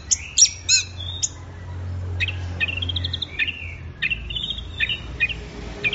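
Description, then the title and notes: Orange-headed thrush song: sharp high chirps, then a run of varied whistled phrases, over a low hum. Bird in full, intense song (gacor teler), used for training songbirds; Indonesian name anis merah. "Anis Merah Gacor Teler Untuk. Kumpulan Suara Burung Anis Offline"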